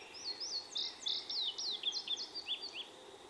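Indigo bunting song: a quick run of high, sharp, paired notes, some slurred downward, lasting under three seconds.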